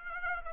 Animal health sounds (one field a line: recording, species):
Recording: mosquito wingbeat signal from an infrared sensor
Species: Aedes aegypti